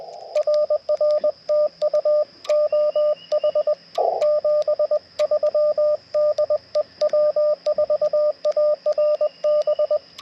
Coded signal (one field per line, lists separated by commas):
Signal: Morse code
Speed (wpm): 20 wpm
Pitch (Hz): 1200 Hz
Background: radio noise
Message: RR TU OH 73 DE W4ARB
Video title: POTA with Chameleon MPAS Lite & Yaesu FT-891 - 6/12/23 @ K-3684